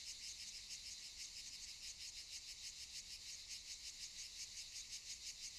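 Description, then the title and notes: Cicadas singing together, a sharp metallic buzz beating about three times per second. Cicadas recorded around 18:40 in the evening on Monte de Valdelatas near Universidad Autónoma de Madrid, Spain, before Madrid reached Phase 3 of COVID de-escalation. "Sonido de cigarras y chicharras. A las 18:40 de la tarde aproximadamente, en el monte de Valdelatas próximo a la Universidad Autónoma de Madrid"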